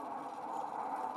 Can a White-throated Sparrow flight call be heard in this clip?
no